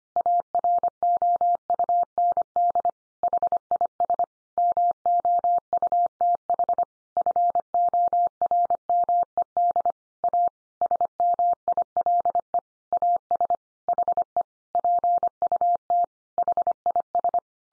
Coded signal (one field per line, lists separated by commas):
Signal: Morse code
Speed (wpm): 25 wpm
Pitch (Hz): 700 Hz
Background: none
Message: AROUND HIS MOUTH FORMED A SMILE AS HE PUT HIS